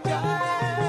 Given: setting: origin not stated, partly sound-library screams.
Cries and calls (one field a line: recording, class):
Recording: one-second piece from a danger detection set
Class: normal situation